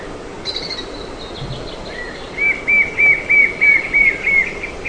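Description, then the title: White-shouldered fire-eye delivers a fast series of about seven whistled notes at an even pitch and pace. "LuckyPassaro Completos2Sama. White-shouldered Fire-eye (Pyriglena leucoptera)"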